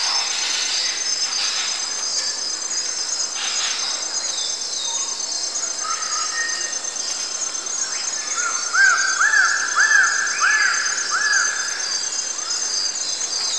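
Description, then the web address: Birds calling, with a run of repeated rising-and-falling whistled notes near the end over a steady high hiss. Jungle. "Zero-G Ambient 1 JUNGLE BIRDS"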